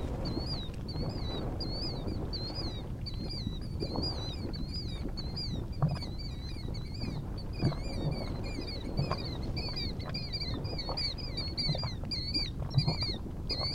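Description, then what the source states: Killdeer chorus: several birds give high, wavering, slurred notes in quick overlapping succession over a steady low rumble. Killdeer chorus recorded at Anemone Geyser on Geyser Hill.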